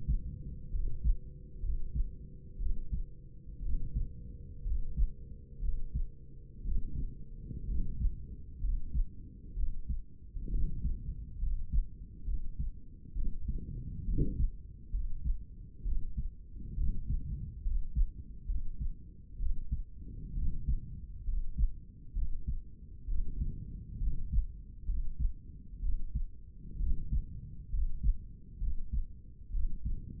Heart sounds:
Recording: heart sounds by stethoscope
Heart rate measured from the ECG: 65 bpm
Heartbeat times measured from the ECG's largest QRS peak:
0.74 s: heartbeat
1.63 s: heartbeat
2.60 s: heartbeat
3.64 s: heartbeat
4.66 s: heartbeat
5.63 s: heartbeat
6.66 s: heartbeat
7.69 s: heartbeat
8.63 s: heartbeat
9.57 s: heartbeat
10.52 s: heartbeat
11.42 s: heartbeat
12.27 s: heartbeat
13.16 s: heartbeat
14.08 s: heartbeat
14.94 s: heartbeat
15.86 s: heartbeat
16.78 s: heartbeat
17.65 s: heartbeat
18.49 s: heartbeat
19.40 s: heartbeat
20.37 s: heartbeat
21.28 s: heartbeat
22.16 s: heartbeat
23.09 s: heartbeat
24.02 s: heartbeat
24.88 s: heartbeat
25.83 s: heartbeat
26.81 s: heartbeat
27.73 s: heartbeat
28.61 s: heartbeat
29.54 s: heartbeat
From the record:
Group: healthy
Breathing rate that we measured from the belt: 18 breaths a minute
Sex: male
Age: 30 years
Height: 188 cm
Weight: 110.2 kg

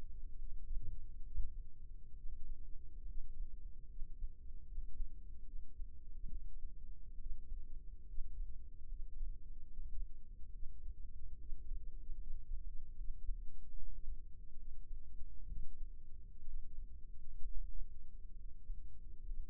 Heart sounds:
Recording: heart sounds by microphone in the left ear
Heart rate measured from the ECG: 70 bpm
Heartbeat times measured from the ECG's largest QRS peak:
0.38 s: heartbeat
1.24 s: heartbeat
2.16 s: heartbeat
3.07 s: heartbeat
3.89 s: heartbeat
4.67 s: heartbeat
5.46 s: heartbeat
6.29 s: heartbeat
7.19 s: heartbeat
8.08 s: heartbeat
8.89 s: heartbeat
9.69 s: heartbeat
10.53 s: heartbeat
11.39 s: heartbeat
12.20 s: heartbeat
12.97 s: heartbeat
13.75 s: heartbeat
14.58 s: heartbeat
15.48 s: heartbeat
16.46 s: heartbeat
17.43 s: heartbeat
18.37 s: heartbeat
19.26 s: heartbeat
From the record:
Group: healthy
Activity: rest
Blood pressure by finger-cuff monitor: 113/63 mmHg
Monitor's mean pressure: 77 mmHg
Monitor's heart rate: 71 bpm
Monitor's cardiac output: 6.6 L/min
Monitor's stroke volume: 96 mL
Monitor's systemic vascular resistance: 890 dyn s/cm5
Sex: male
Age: 22 years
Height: 181 cm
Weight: 79 kg

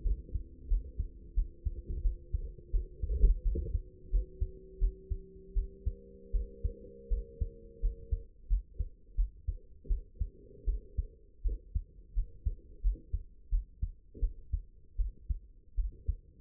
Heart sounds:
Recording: heart sounds by stethoscope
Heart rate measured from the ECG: 84 bpm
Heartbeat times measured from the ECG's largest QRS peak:
0.03 s: heartbeat
0.68 s: heartbeat
1.35 s: heartbeat
2.02 s: heartbeat
2.72 s: heartbeat
3.43 s: heartbeat
4.10 s: heartbeat
4.79 s: heartbeat
5.54 s: heartbeat
6.32 s: heartbeat
7.09 s: heartbeat
7.81 s: heartbeat
8.48 s: heartbeat
9.16 s: heartbeat
9.88 s: heartbeat
10.65 s: heartbeat
11.43 s: heartbeat
12.14 s: heartbeat
12.82 s: heartbeat
13.50 s: heartbeat
14.20 s: heartbeat
14.97 s: heartbeat
15.76 s: heartbeat
From the record:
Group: healthy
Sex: female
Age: 22 years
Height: 161 cm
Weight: 65.5 kg

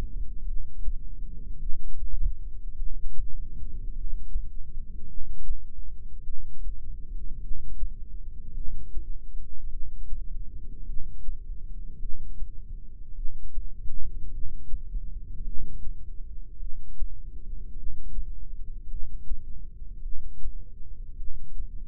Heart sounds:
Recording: heart sounds by microphone in the left ear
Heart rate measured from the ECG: 52 bpm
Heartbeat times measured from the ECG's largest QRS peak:
0.43 s: heartbeat
1.58 s: heartbeat
2.75 s: heartbeat
3.91 s: heartbeat
5.06 s: heartbeat
6.22 s: heartbeat
7.39 s: heartbeat
8.52 s: heartbeat
9.68 s: heartbeat
10.84 s: heartbeat
11.97 s: heartbeat
13.13 s: heartbeat
14.29 s: heartbeat
15.42 s: heartbeat
16.57 s: heartbeat
17.74 s: heartbeat
18.87 s: heartbeat
20.00 s: heartbeat
21.15 s: heartbeat
From the record:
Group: heart failure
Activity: rest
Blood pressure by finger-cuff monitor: 81/59 mmHg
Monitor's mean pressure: 67 mmHg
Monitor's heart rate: 52 bpm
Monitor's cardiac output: 2.4 L/min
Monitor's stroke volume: 47 mL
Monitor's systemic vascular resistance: 1940 dyn s/cm5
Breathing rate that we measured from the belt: 17 breaths a minute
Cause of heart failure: non-ischemic cardiomyopathy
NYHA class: 1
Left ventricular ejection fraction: 52%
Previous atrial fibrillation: present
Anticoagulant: apixaban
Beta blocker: bisoprolol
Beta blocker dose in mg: 10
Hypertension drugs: sacubitril-valsartan, spironolactone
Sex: female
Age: 68 years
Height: 169 cm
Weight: 71 kg

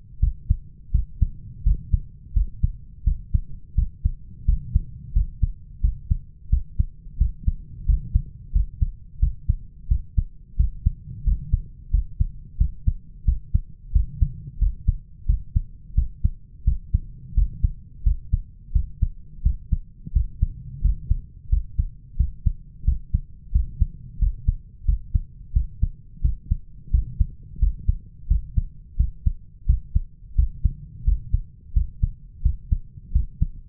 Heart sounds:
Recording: heart sounds by stethoscope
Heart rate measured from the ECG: 87 bpm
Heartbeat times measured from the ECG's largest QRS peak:
0.22 s: heartbeat
0.94 s: heartbeat
1.66 s: heartbeat
2.36 s: heartbeat
3.06 s: heartbeat
3.77 s: heartbeat
4.48 s: heartbeat
5.15 s: heartbeat
5.83 s: heartbeat
6.52 s: heartbeat
7.20 s: heartbeat
7.88 s: heartbeat
8.55 s: heartbeat
9.22 s: heartbeat
9.90 s: heartbeat
10.59 s: heartbeat
11.26 s: heartbeat
11.93 s: heartbeat
12.60 s: heartbeat
13.27 s: heartbeat
13.94 s: heartbeat
14.61 s: heartbeat
15.28 s: heartbeat
15.97 s: heartbeat
16.66 s: heartbeat
17.37 s: heartbeat
18.06 s: heartbeat
18.75 s: heartbeat
19.45 s: heartbeat
20.15 s: heartbeat
20.84 s: heartbeat
21.51 s: heartbeat
22.19 s: heartbeat
22.87 s: heartbeat
23.54 s: heartbeat
24.21 s: heartbeat
24.87 s: heartbeat
25.55 s: heartbeat
26.24 s: heartbeat
26.93 s: heartbeat
27.61 s: heartbeat
28.30 s: heartbeat
28.99 s: heartbeat
29.68 s: heartbeat
30.38 s: heartbeat
31.07 s: heartbeat
31.75 s: heartbeat
32.44 s: heartbeat
33.14 s: heartbeat
From the record:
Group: healthy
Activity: rest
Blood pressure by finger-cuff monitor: 137/86 mmHg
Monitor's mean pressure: 103 mmHg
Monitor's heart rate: 87 bpm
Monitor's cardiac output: 7.1 L/min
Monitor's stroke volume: 82 mL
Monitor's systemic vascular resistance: 1080 dyn s/cm5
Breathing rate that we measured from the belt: 18 breaths a minute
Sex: male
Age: 21 years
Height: 175 cm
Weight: 72.6 kg

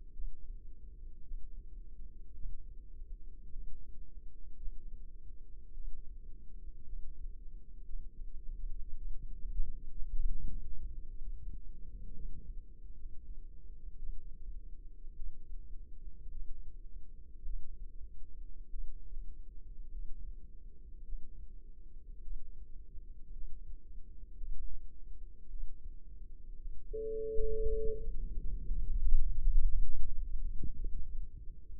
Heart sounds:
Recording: heart sounds by microphone in the left ear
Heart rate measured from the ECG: 55 bpm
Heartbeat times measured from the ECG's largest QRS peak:
0.13 s: heartbeat
1.23 s: heartbeat
2.34 s: heartbeat
3.52 s: heartbeat
4.57 s: heartbeat
5.73 s: heartbeat
6.84 s: heartbeat
7.84 s: heartbeat
8.96 s: heartbeat
10.00 s: heartbeat
11.07 s: heartbeat
12.14 s: heartbeat
12.94 s: heartbeat
13.98 s: heartbeat
15.15 s: heartbeat
16.31 s: heartbeat
17.45 s: heartbeat
18.69 s: heartbeat
19.90 s: heartbeat
21.03 s: heartbeat
22.21 s: heartbeat
23.32 s: heartbeat
24.37 s: heartbeat
25.49 s: heartbeat
26.56 s: heartbeat
27.60 s: heartbeat
28.59 s: heartbeat
29.39 s: heartbeat
30.75 s: heartbeat
From the record:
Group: healthy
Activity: rest 0-27 s, breath hold 27-32 s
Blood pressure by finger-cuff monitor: 99/60 mmHg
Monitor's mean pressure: 72 mmHg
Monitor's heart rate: 54 bpm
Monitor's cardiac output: 4.9 L/min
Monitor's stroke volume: 90 mL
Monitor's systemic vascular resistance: 1040 dyn s/cm5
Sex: female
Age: 28 years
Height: 170 cm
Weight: 77 kg

